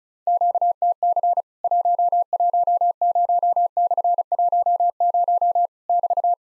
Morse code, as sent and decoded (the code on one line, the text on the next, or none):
--.- - -.-. / .---- .---- ----- -..-. .---- ----- / -...-
QTC 110/10 <BT>